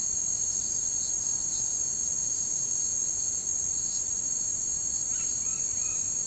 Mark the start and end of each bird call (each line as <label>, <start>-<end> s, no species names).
bird call, 5.10-5.99 s